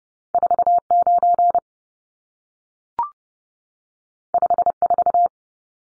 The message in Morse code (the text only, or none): 49 54